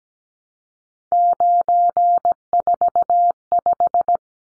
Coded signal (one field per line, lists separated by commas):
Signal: Morse code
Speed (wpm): 17 wpm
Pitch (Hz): 700 Hz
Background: none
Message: 945